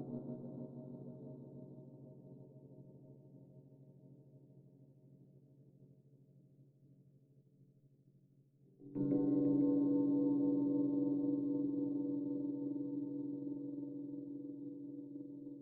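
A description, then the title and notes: Gongs hum low and warm, fading slowly until a fresh strike near nine seconds blooms loudly and rings on, shimmering and gradually decaying. Meditation Five Celestial Gongs.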